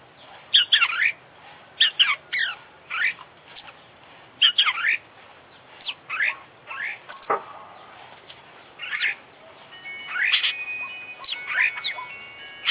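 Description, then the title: Oriental magpie-robin delivering separated, sharp sweeping notes and short harsh phrases with brief gaps between them. Competition magpie-robin described as an international champion, singing a full song with complete mimicked fill-in phrases. "KICAU KACER JUARA INTERNASIONAL FULL ISIAN KOMPLIT"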